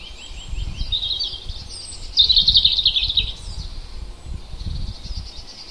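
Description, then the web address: Bird song: high twitters build into a fast, loud trill of repeated notes, over a low rumbling background. Native bird recorded in forest in April. "oeko wald-1 vogel april vogel 32 heimisch kurz"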